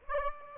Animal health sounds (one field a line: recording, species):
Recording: mosquito wingbeat signal from an infrared sensor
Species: Aedes aegypti